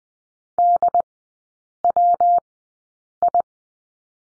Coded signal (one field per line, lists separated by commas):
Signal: Morse code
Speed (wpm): 20 wpm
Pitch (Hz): 700 Hz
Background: none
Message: DWI